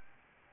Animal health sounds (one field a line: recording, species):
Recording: mosquito wingbeat signal from an infrared sensor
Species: Anopheles arabiensis